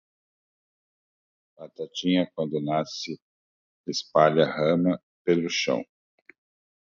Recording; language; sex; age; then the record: short text; Brazilian Portuguese; male; 50 to 59 years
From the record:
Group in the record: control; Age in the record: 53 years